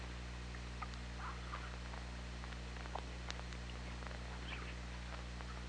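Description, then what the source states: Killer whale clicks, a rapid irregular train of sharp ticks, with a few short tonal calls, over a steady low underwater hum. OrcaLab hydrophone, 24 August 2017, 21:24:32.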